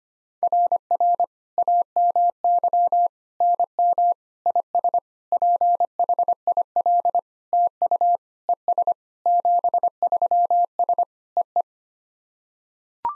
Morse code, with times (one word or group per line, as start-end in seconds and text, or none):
0.4-1.2 RR
1.6-3.1 AMY
3.4-4.1 NM
4.5-5.0 IS
5.3-7.2 PHIL
7.5-8.2 TU
8.5-8.9 ES
9.3-11.0 73S
11.4-11.6 EE